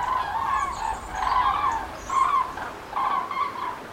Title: Passage De Grues Cendrées 29 Octobre 2016